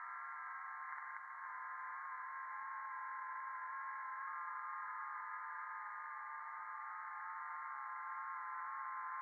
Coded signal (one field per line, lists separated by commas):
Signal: FT8